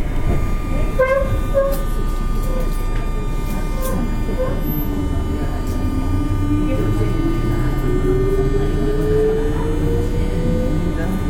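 Inside a JR West 201 series train on the Osaka Loop Line, a dense, steady rumble carries a motor whine rising gradually in pitch, with brief voices.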